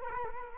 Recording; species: mosquito wingbeat signal from an infrared sensor; Culex quinquefasciatus